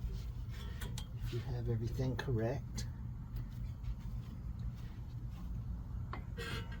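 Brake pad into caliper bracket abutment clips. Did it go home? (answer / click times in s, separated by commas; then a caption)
yes / 6.1 s. A greased front brake pad on a 2019 Lexus RX 350 is squeezed into the spring-loaded abutment clips on the caliper bracket, with its wear indicator pushed under, while someone talks. Short metallic taps and scrapes are heard, and the pad snaps into place with a sharp click at 6.1 s, seated.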